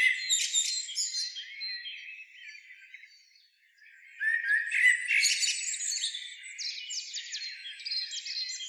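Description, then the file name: Eurasian blackbird calls, harsh twittering phrases, a short quiet gap between three and four seconds, then a louder, sustained stretch of scratchy, high chattering. "Turdus merula"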